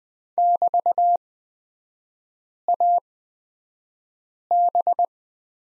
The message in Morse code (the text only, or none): <BT>AB